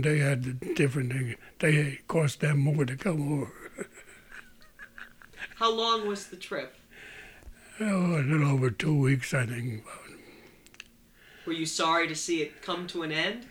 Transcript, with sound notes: They had different things. It cost them more to come over. ( he laughs )
How long was the trip?
Well, a little over two weeks, I think.
Were you sorry to see it come to an end?